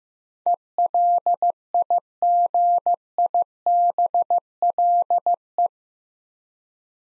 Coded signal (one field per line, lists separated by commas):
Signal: Morse code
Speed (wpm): 15 wpm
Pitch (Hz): 700 Hz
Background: none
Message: ELIGIBLE